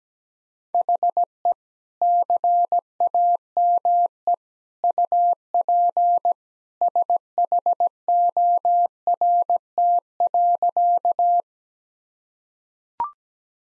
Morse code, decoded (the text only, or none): HE CAME UP SHORT.